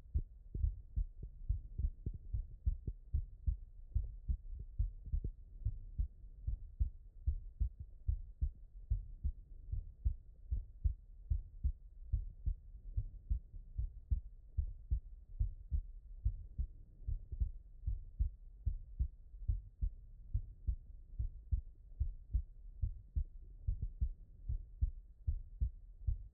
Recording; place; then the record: heart sounds by stethoscope; tricuspid valve (TV)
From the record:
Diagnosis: non-HFrEF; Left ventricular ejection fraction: 78%